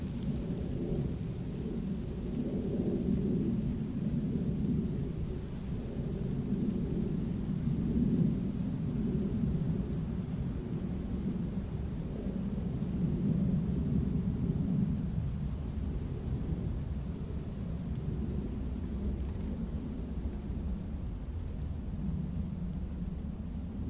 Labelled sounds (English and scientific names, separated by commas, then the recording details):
Goldcrest (Regulus regulus) call
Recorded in the wild
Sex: group
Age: adult
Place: Goriner Forst, Barnim, Brandenburg, DE
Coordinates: 52.7019, 13.4931
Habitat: coniferous forest
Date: 2012-11-04 14:39
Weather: 10°C, cloudy, week winds
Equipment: Sound Devices 702, Sennheiser MKH 70, Rycote Windschutz
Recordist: Frommolt, Karl-Heinz